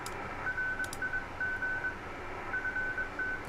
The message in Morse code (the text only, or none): RIG FT